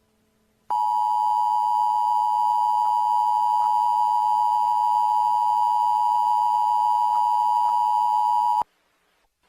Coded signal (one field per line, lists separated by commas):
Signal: Emergency Alert System (SAME) tones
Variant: 853 and 960 Hz attention tone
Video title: TOA #175-EAS#4